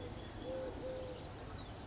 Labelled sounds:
Eurasian Collared Dove
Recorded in Sonoma County, California

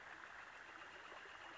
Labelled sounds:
Northern Flicker
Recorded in Sonoma County, California

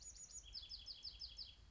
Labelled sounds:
Red-winged Blackbird
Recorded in Sonoma County, California

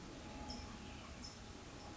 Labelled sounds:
California Towhee
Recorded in Sonoma County, California

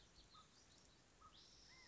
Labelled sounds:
California Quail
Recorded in Sonoma County, California

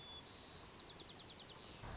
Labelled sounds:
White-crowned Sparrow
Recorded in Sonoma County, California

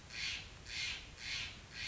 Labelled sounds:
Steller's Jay
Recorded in Sonoma County, California

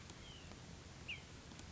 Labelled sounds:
White-breasted Nuthatch
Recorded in Sonoma County, California

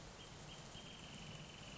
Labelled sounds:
Wrentit
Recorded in Sonoma County, California

